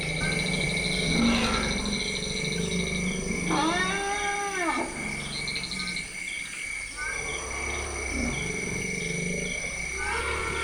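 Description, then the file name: African forest elephant call, a harmonic arched cry rising then falling over about a second, with low rumbling beneath and steady insect buzzing throughout. Recorded at Dzanga Bai, Central African Republic. "The Elephants In The Room Dzanga Bai Central African Republic"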